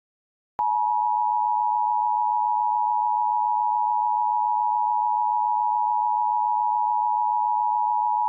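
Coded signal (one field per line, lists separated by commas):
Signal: Emergency Alert System (SAME) tones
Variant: 853 and 960 Hz attention tone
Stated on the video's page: Re-creation of an alert for a California dam failure, using valid tones.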